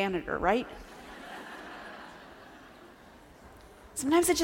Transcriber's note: laughter